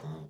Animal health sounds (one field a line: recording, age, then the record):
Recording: pig call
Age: piglet (1 to 25 days)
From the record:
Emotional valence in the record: negative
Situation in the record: short isolation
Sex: female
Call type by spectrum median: low-frequency call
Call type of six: low-frequency stable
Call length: 0.30 s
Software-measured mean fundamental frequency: 51 Hz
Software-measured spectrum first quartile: 153 Hz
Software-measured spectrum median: 239 Hz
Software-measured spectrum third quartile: 629 Hz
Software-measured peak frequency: 154 Hz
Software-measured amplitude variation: 111 dB a second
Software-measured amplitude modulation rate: 15.1 a second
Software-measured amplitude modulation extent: 7.3 dB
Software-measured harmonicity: 1.9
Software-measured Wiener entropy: -0.27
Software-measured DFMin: 1106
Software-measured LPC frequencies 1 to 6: 936, 1770, 3637, 5434, 6065, 6896 Hz